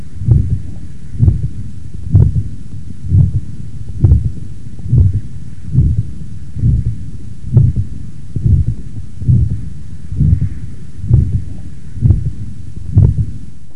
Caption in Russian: Самостоятельный систолический шум на легочной артерии выслушивается редко. При этом, чаще всего, он является функциональным, так как связан с несоответствием объемной скорости кровотока и просвета этого сосуда. Систолический шум в третьей точке аускультации у здорового молодого пациента с вегетососудистой дистонией.